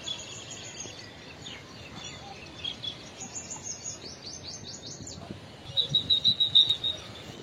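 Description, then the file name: Indian silverbill song: faint high chirps early on, then a quick run of bright, thin notes near the end over steady background hiss. "canto do bico de chumbo indiano"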